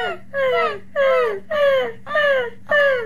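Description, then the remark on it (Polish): A voice imitates a seagull's call with six loud, nasal, descending cries in a steady rhythm, each about half a second long, separated by short pauses over a faint low hum. “A wiesz, jaki dźwięk wydaje mewa?”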